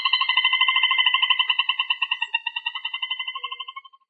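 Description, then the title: Rail, trilled call: a rapid, even series of nasal pulses lasting about four seconds, gradually slowing and fading toward the end. "Familia Rallidae"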